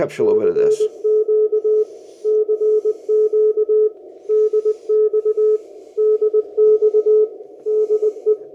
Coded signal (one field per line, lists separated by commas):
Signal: Morse code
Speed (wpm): 20 wpm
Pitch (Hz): 430 Hz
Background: speech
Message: CQ CQ DX DX DE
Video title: Radio Helpers for All Hams You Might Have Missed